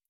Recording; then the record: hydrophone in a shrimp aquaculture tank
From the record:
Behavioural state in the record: stressed